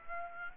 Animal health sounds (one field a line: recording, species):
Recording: mosquito wingbeat signal from an infrared sensor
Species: Aedes aegypti